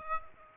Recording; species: mosquito wingbeat signal from an infrared sensor; Aedes aegypti